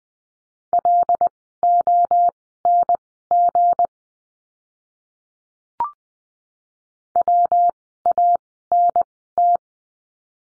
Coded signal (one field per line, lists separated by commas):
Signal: Morse code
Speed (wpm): 20 wpm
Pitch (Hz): 700 Hz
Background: none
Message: LONG WANT